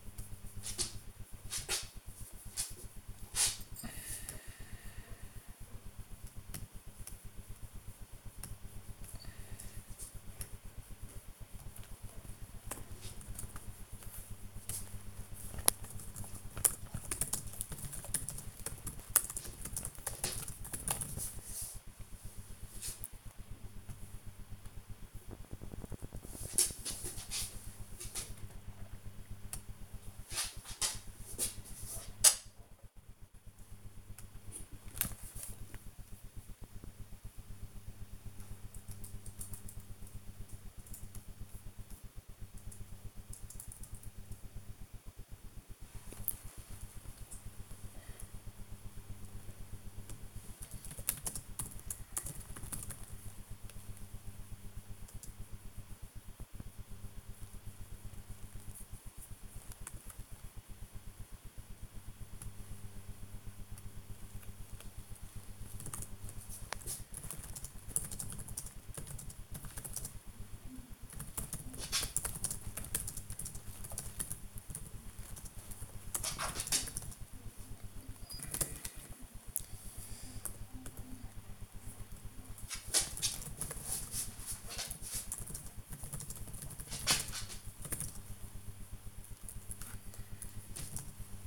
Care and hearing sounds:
household activities, microphone on the right wrist
0.00-36.81 s: working on the computer
38.81 s: note: working on the computer
44.87-91.47 s: working on the computer

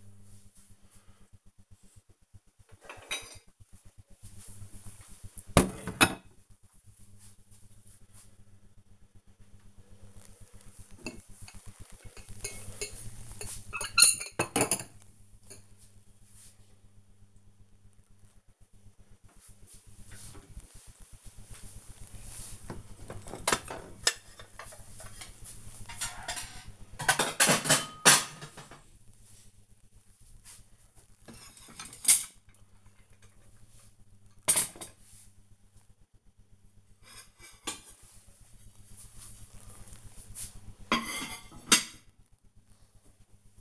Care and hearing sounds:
household activities, microphone on the right wrist
0.00-43.61 s: putting away the dishes

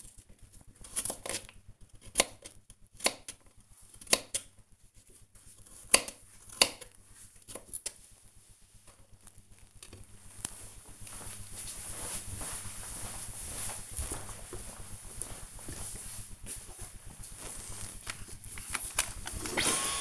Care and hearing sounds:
household activities, microphone on the right wrist
0.00-8.22 s: cutting vegetables
16.29-20.01 s: vacuum cleaning

